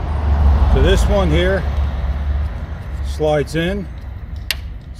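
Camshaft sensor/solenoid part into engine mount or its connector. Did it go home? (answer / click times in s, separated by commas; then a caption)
yes / 4.5 s. A camshaft sensor or solenoid part, or its plug, is slid into its engine mount or connector while engine timing parts are being replaced for cam-timing fault codes. Someone talks over a low rumble. A single sharp click at 4.5 s marks the part snapping into place, seated.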